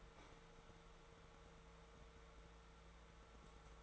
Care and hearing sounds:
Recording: daily activity, microphone in the room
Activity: open fridge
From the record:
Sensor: 3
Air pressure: 1014.9 hPa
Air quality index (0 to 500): 201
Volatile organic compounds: 29 ppm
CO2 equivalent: 2930 ppm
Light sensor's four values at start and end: 11/28/11/12 and 12/28/11/12

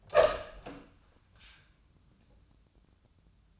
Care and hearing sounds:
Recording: daily activity, microphone in the room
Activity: open door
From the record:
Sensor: 2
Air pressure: 1004.8 hPa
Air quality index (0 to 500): 74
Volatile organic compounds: 1 ppm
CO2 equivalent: 872 ppm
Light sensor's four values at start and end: 7/16/6/7 and 7/16/7/7

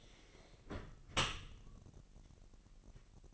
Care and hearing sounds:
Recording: daily activity, microphone in the room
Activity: close dishwasher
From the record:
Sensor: 4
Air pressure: 1001.4 hPa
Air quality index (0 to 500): 249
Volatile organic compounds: 43 ppm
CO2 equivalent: 3204 ppm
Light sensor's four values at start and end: 8/18/7/6 and 8/18/7/6

